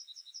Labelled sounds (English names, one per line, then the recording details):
Yellowhammer song
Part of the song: start
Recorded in the Czech Republic on 30 May 2013
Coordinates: 50.386, 17.053
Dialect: MixB
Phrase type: C19
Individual 302657